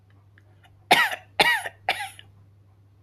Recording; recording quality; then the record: shallow voluntary cough; excellent, no background noise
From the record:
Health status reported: healthy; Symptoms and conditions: none ticked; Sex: male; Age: 21 years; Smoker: not ticked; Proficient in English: yes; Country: India